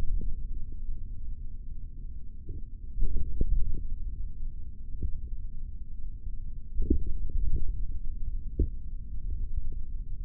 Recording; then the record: forearm muscle sounds (acoustic myography)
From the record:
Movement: tripod grip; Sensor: system 3, bracelet of six PUI Audio POM-2738L microphones around the upper forearm, with dedicated amplification and filtering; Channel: 2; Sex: male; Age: 23 years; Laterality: right